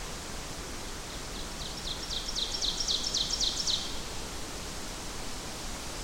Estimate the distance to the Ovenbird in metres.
about 35 m